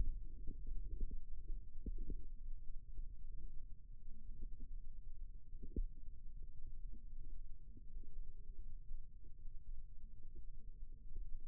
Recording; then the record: forearm muscle sounds (acoustic myography)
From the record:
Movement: rest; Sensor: system 2, bracelet of six BSWA MPA416 microphones around the upper forearm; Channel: 6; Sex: male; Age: 22 years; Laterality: right